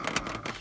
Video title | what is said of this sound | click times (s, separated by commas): Eurovan camper functions | was one more click and then again this is the like | 0.2 s